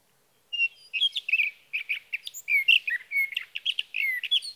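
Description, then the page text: Sage thrasher song, a continuous, fast medley of warbles, slurs and harsh notes after a brief quiet start. Male singing through the night near his night roost, Sierra Valley, California, June 12–15, 2018, evening to morning; recorded with a Swift recorder. "Sage thrasher songs, through the night. For three nights, from the evening of June 12 to the morning of June 15, 2018, in Sierra Valley, California, I placed a Swift recorder near a male's night roost."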